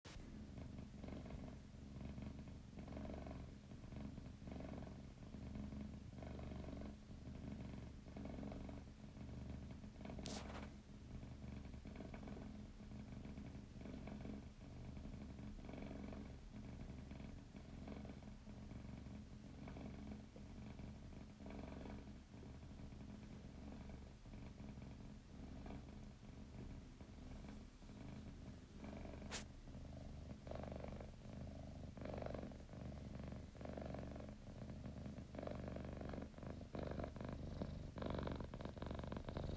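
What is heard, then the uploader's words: A cat purrs steadily for the whole stretch, a dense low rumble with a regular pulsing rhythm. The purr holds an even level throughout, with a couple of brief sharp clicks near ten and twenty-nine seconds. My cat purring.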